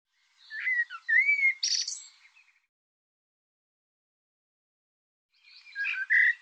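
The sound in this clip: Bird singing a warbled phrase with a looping whistle and a buzzy burst, then silence before a second phrase begins.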